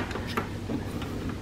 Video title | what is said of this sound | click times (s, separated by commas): HP LaserJet Tank 2502dw - 2504dw - 2506dw printer : Unbox Connect to network & Print | until it clicks in place on both sides | 0.4 s